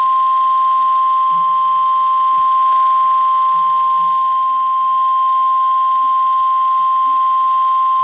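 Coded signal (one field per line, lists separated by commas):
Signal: Emergency Alert System (SAME) tones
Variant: 1050 Hz attention tone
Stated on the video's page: Real EAS alerts received over two days.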